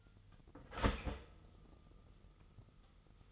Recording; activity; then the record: daily activity, microphone in the room; start toaster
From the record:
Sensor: 4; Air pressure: 989.4 hPa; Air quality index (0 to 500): 217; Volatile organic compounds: 68 ppm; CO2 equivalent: 3500 ppm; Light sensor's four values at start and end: 24/82/30/32 and 24/84/31/32